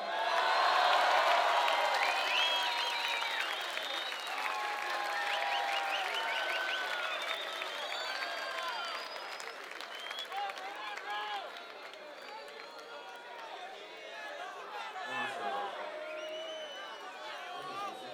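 A crowd applauds steadily for about eighteen seconds, a dense wash of clapping laced with shouts and whoops, loudest at the start and easing slightly toward the end.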